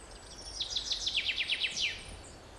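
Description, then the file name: Common chaffinch song: repeated downward-sweeping notes in an evenly paced trill that closes with a loud flourish, light background hiss. "Fringilla coelebs"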